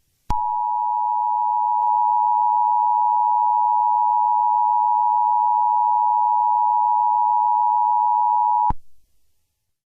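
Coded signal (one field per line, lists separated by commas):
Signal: Emergency Alert System (SAME) tones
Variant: 853 and 960 Hz attention tone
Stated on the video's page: Fictional EAS scenario, a simulated alert.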